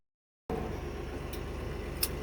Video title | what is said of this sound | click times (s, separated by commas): 2021 Hay Season - Kioti DK6010SE + Titan DMWR135 - 54" Drum Mower - Cutting Hay | here that falls in now | 2.0 s